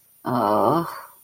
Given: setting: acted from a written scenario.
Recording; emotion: vocal sound without words; shame